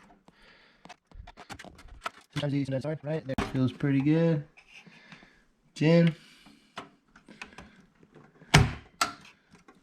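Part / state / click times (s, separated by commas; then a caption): graphics card into motherboard PCIe slot / seated / 8.5 s, 9.0 s. A dedicated graphics card is pushed down into a motherboard's PCIe slot while someone talks. Faint taps and knocks are followed by two sharp snaps at 8.6 s and 9.0 s as the slot latch catches. The card is seated.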